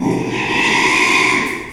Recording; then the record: squeal of a Yucatan mini pig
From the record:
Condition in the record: after surgery on the right vocal fold (resection and tissue-engineered implant); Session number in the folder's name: 1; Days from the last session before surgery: 6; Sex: male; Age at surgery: 12 weeks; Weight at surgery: 13 kg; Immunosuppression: cyclosporine, prednisolone